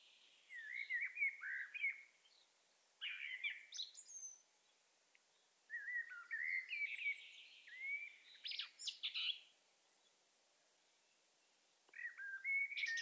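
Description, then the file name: Common blackbird song: several mellow warbled phrases separated by short pauses, several ending in a sharp, high squeaky flourish. "Turdus merula"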